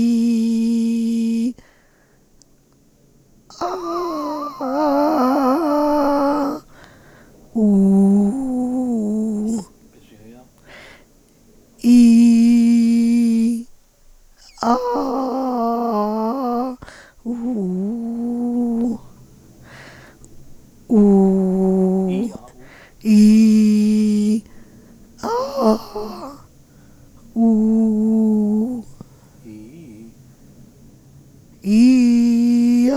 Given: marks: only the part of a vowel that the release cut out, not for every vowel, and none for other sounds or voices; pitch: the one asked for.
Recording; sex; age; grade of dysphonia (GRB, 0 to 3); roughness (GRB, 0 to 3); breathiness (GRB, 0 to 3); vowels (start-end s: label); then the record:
sustained vowels; female; 40 to 49 years; 3; 1; 3
0.00-1.37 s: vowel /i/, normal pitch
3.84-5.77 s: vowel /a/, normal pitch
7.67-8.20 s: vowel /u/, normal pitch
12.41-13.40 s: vowel /i/, high pitch
15.65-16.58 s: vowel /a/, high pitch
23.37-24.25 s: vowel /i/, low pitch
27.69-28.51 s: vowel /u/, low pitch
31.71-32.75 s: vowel /i/, low-high-low pitch
From the record:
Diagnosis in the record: Reinke's edema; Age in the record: 43 years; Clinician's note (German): Zustand nach Ödemabtragung, Komplikation: Zungengrundschwellung